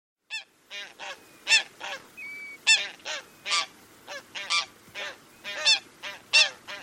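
Bird calls: many harsh, nasal honks in uneven succession, some doubled.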